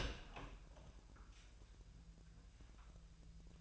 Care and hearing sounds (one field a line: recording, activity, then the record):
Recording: daily activity, microphone in the room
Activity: open door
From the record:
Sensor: 2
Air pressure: 1001.3 hPa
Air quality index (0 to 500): 246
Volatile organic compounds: 82 ppm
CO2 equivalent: 3626 ppm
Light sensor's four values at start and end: 7/16/6/6 and 7/18/7/7